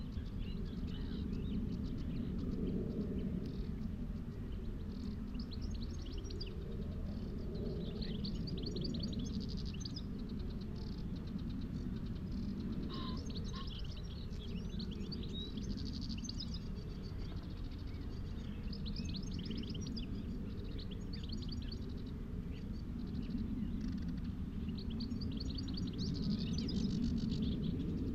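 Birdsong on Higham Marshes in Kent on a May afternoon: bright, twittering phrases come and go every few seconds across the whole stretch. Beneath them runs a dense, steady low rumble of wind and background noise that never lets up.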